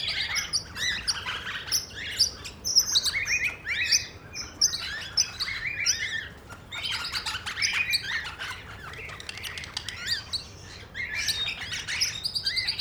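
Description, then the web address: Parrots chattering: a dense, continuous jumble of high chirps, squawks and screeches from several birds overlapping throughout. Parrots in a zoo, Nyíregyháza Zoo, 2010, perched on top of the green pyramid. "allathangok nyiregyhazizoo 2010 standardt madarak papagajokazoldpiramistetejen"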